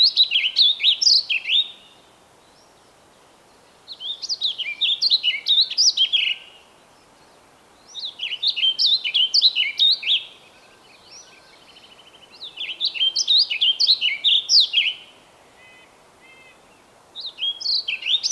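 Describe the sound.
Bird song delivered steadily, with five phrases of rapid, sweet, descending whistled notes about every four seconds. Softer twitters are audible between some phrases.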